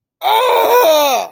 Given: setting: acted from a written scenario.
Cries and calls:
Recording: vocal sound without words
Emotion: anger

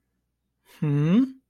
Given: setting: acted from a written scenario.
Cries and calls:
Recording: vocal sound without words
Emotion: interest

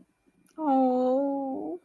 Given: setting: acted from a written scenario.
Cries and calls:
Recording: vocal sound without words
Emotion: sympathy

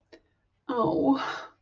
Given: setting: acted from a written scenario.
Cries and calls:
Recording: vocal sound without words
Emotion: sympathy

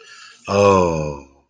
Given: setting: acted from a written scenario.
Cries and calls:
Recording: vocal sound without words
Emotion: sympathy

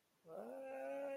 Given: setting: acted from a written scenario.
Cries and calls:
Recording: vocal sound without words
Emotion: fear

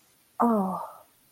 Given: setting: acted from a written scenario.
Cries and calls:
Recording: vocal sound without words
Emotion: sympathy

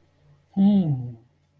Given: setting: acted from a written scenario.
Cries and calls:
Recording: vocal sound without words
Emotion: realization

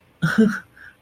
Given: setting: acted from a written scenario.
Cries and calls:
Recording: vocal sound without words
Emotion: positive surprise

